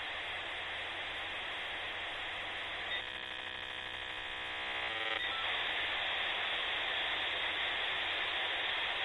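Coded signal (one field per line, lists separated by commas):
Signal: dial-up modem handshake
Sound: harsh wideband hiss, a chord of many steady tones for two seconds, then hiss again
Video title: 💥🔊📲Dial Up Modem (Sound Effect)🔌💻🎧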